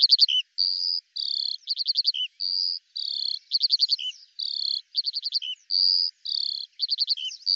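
Eurasian skylark singing a high, fast song that alternates rapid buzzy trills with short clear whistled notes in a steady repeating cycle, with no other sounds.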